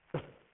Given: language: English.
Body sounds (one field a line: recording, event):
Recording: throat vibration sensor signal played as sound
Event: cough